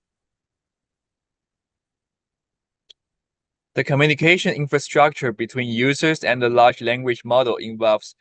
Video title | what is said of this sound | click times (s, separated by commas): A Mystery for You | Users will hear the click when pressing a cartridge toward the buttons, which is satisfying feedback. | 2.9 s